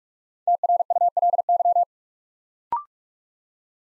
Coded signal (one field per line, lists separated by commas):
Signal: Morse code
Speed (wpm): 44 wpm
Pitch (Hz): 700 Hz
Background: none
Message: TRULY